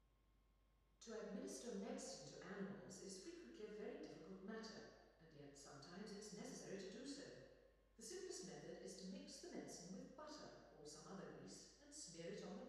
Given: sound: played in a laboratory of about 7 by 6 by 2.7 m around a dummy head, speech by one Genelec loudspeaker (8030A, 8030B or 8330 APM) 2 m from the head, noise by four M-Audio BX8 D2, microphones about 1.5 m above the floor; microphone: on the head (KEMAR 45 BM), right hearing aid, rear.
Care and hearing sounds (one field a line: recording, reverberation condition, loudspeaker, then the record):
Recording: female speech in English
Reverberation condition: high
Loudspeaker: 120 degrees to the left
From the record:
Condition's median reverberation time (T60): about 1300 ms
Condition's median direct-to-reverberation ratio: about -4.0 dB